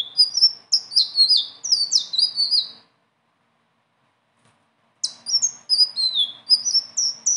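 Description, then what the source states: Leafbird singing a rapid jumble of high, clear slurred whistles, breaking off for about two seconds of silence before resuming the tumbling phrase. Singing actively with a rolling song and varied fill-ins.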